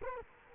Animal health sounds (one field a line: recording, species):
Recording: mosquito wingbeat signal from an infrared sensor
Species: Culex quinquefasciatus